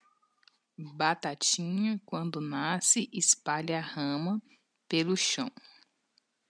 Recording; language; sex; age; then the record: short text; Brazilian Portuguese; female; 30 to 39 years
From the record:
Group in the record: control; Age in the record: 34 years